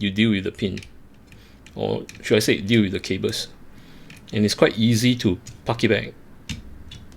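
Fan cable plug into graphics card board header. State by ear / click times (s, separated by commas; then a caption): seated / 6.5 s. A small fan or RGB cable plug is pushed back into its header on the circuit board of an Asus TUF 4000 Series graphics card during reassembly, while someone talks. It seats with a short, sharp click at 6.5 s, followed by a few faint ticks.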